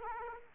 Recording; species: mosquito wingbeat signal from an infrared sensor; Aedes aegypti